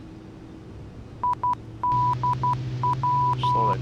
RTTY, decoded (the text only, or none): none